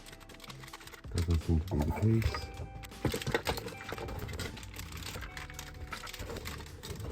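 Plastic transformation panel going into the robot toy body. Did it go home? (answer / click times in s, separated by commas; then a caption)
no / none. A plastic transformation panel on an oversized Masterpiece KO Grimlock Dinobot transforming robot toy is lifted and pushed down into the robot body to lock it, producing soft plastic taps and handling noises while someone talks over background music. No positive click is heard, and the part has not clicked into place yet.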